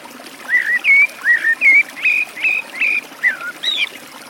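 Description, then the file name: Eurasian blackbird: about nine short, clear, slightly slurred whistled notes in quick succession, with a gentle background hiss. By a forest stream. "chyornij drozd u lesnogo ruchya"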